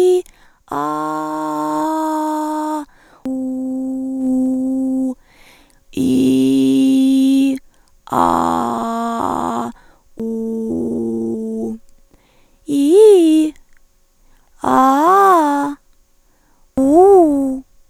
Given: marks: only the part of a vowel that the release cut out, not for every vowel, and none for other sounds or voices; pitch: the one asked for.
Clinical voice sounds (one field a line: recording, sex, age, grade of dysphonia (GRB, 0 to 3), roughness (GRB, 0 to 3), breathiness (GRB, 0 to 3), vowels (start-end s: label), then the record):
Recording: sustained vowels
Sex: female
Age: 20 to 29 years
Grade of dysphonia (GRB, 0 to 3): 2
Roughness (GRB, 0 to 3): 2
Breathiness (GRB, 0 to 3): 1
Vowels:
0.83-2.70 s: vowel /a/, high pitch
3.30-4.19 s: vowel /u/, high pitch
6.08-7.41 s: vowel /i/, low pitch
8.25-9.19 s: vowel /a/, low pitch
10.25-11.61 s: vowel /u/, low pitch
12.76-13.42 s: vowel /i/, low-high-low pitch
14.78-15.62 s: vowel /a/, low-high-low pitch
16.81-17.50 s: vowel /u/, low-high-low pitch
From the record:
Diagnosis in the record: hyperfunctional dysphonia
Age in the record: 24 years